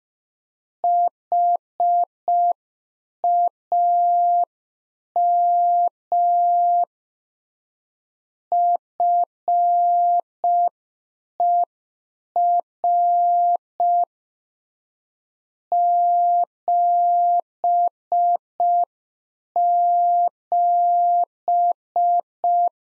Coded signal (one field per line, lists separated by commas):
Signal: Morse code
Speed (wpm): 5 wpm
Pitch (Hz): 700 Hz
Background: none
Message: HAM FER 77